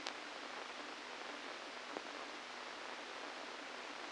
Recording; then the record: brain microelectrode recording played as sound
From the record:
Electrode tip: inside the subthalamic nucleus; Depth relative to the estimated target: -1 mm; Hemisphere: left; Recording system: NeuroSet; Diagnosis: Parkinson's disease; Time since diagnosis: 17 years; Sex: male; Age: 64 years